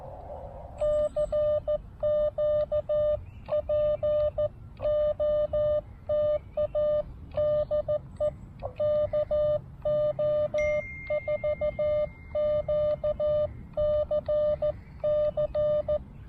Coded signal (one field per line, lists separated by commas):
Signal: Morse code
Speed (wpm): 14 wpm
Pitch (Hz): 600 Hz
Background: none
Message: CQ POTA DE KO4QCC